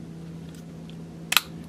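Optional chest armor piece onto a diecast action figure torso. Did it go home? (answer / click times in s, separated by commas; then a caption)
yes / 1.4 s. An optional chest armor piece is lined up and pressed onto the torso of a Soul of Chogokin GX-74 Getter 1 Dynamic Classics diecast robot figure. Faint soft taps come at about 0.5 and 0.9 seconds over a steady low hum, then a sharp, bright snap rings out at 1.4 seconds. The chest armor is seated on the figure.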